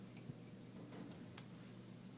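An interface card module made of plastic and PCB is lined up with two standoff posts and pushed in one side at a time so a small locking arm wraps around it. Soft ticks are heard at 1.4 s and 1.7 s over a low steady hum. The module locks into place and is seated.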